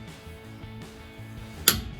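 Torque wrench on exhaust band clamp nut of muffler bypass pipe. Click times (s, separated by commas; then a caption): 1.7 s. A torque wrench preset to 45 ft-lb tightens the stainless steel exhaust band clamp nut on an MBRP 3-inch XP Series muffler bypass pipe on a 2015-2020 F-150. A low, steady background hum with faint tonal lines runs throughout, then a single sharp, loud click rings out at 1.7 s. The wrench has clicked at its 45 ft-lb setting, confirming the nut is torqued.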